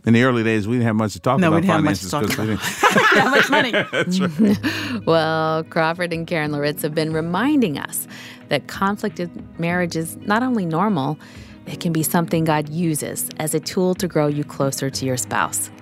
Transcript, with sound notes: In the early days, we didn’t have much to talk about.
Because you didn’t have much money!
So true. (laughter)
Well, Crawford and Karen Loritts have been reminding us that conflict in marriage is not only normal, it can be something God uses as a tool to grow you closer to your spouse.